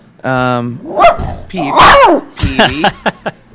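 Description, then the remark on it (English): A dog lets out a drawn-out whining note, then barks and yips in a string of loud, sharp, uneven bursts that come quicker toward the end. “What a misogynist your dog is”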